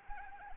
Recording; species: mosquito wingbeat signal from an infrared sensor; Anopheles arabiensis